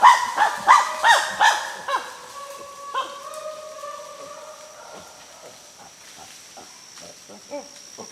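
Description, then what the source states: Chimpanzee calls: a burst of loud harsh barks in the first two seconds, then drawn-out tonal hoots that fade, with a few faint calls near the end. Chimpanzees recorded in Gabon.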